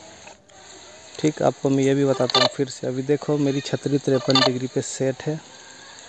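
A push-on coaxial F connector is being handled before being pressed onto a receiver's F input socket, with no tightening needed. Someone talks throughout, with a brief faint tick near 0.5 s. Nothing has seated or clicked yet.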